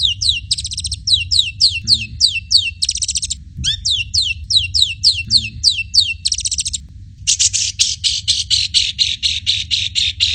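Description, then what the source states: Long-tailed shrike singing a varied phrase of quick, sharply falling whistles in rapid clusters, short pauses between bursts, ending in a fast buzzy rattle. Owned by Om Renaldi, singing in the 'teroris' style.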